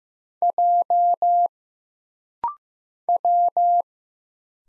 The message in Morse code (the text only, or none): J W